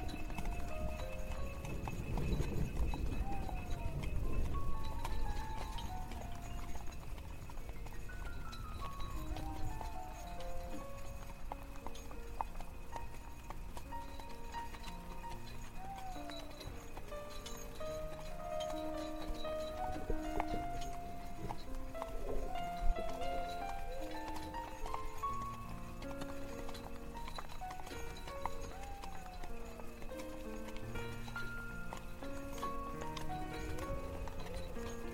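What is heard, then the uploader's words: A horse-drawn carriage rolls along, hooves clip-clopping at a steady, regular pace throughout, with a low rumble swelling near the start and end. Soft classical music plays from far away underneath, its gliding melody lines audible over the continuous hoofbeats. Carriage ride through the woods on the way to the castle. Classical music played from faraway. Carriage/ horse snort.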